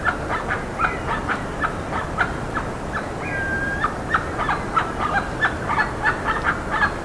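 Bird calls, dense short notes running nonstop, with one longer drawn-out note standing out near the middle.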